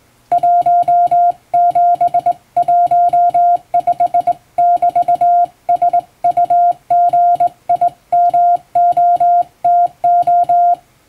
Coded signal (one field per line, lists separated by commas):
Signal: Morse code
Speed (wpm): 21 wpm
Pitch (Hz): 700 Hz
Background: music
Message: 1715<BT>SUGIMOTO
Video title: 【Radio operator morse code training】This is Morse code practice video. There is morse exam in japan.